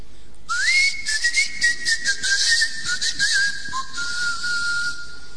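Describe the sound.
A person whistles a long calling tone that slides up, holds a steady high pitch with slight wavers, then drops to a lower sustained note, over a constant background hiss. It is a whistled call like those of the island of Tracoda, whose inhabitants whistled instead of speaking.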